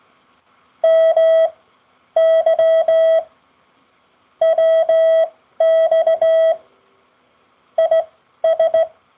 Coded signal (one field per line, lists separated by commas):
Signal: Morse code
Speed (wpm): 17 wpm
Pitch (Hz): 650 Hz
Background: none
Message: MY WX IS